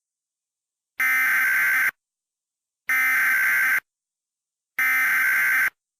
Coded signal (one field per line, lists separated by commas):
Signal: Emergency Alert System (SAME) tones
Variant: header bursts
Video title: EAS Scenario #1: Child's Play